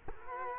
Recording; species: mosquito wingbeat signal from an infrared sensor; Culex quinquefasciatus